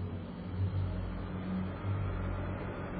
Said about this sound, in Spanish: Un poco antes de las 8, apareció petardeando el autobús con 3 viajeros.